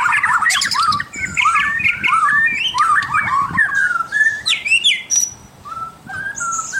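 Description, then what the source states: White-rumped shama singing a lively string of varied whistled notes, sweeping up and down, with a few high thin squeaks and short gaps. Local name murai batu; labelled mahkota.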